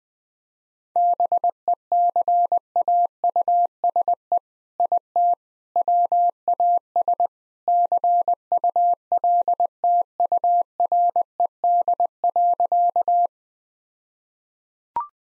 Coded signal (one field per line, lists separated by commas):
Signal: Morse code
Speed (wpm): 20 wpm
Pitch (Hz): 700 Hz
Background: none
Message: BECAUSE IT WAS CULTURED.